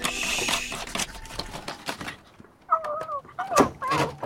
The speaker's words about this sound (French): Oh, là, un hibou. Ou une chouette. Et qui niche ici, sans doute. Le voilà donc, le monstre qui marchait dans le grenier, et dont les yeux et les cris avaient tant effrayé Madame Castafiore.